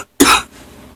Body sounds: coughing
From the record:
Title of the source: 64 coughing, allergies, singing lungs

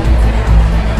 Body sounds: background sound without coughing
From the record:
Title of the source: Party Noise 1 Hour Party Ambience

